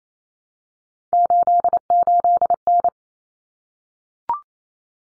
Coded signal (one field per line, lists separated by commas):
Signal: Morse code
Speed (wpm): 28 wpm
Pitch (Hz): 700 Hz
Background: none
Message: 88N